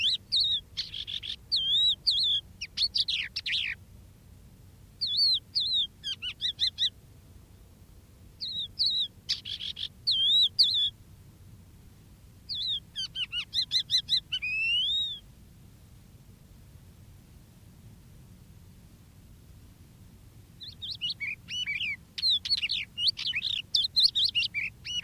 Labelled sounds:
Crested Lark (Galerida cristata) song

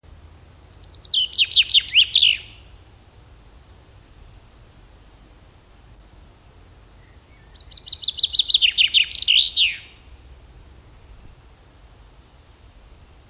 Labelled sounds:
Common Chaffinch (Fringilla coelebs) song

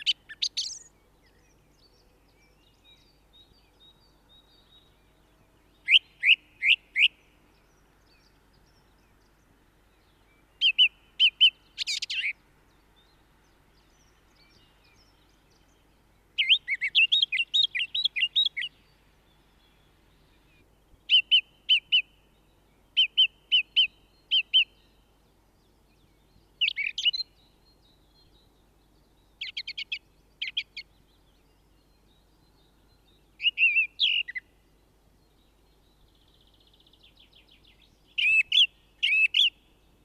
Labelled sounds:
Song Thrush (Turdus philomelos) song

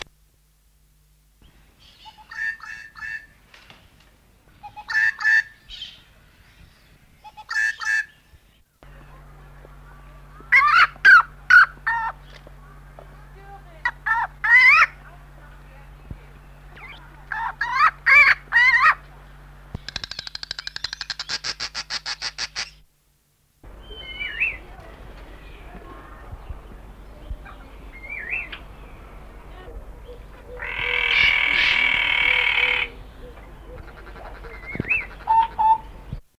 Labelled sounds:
Collared Treepie (Dendrocitta frontalis) call

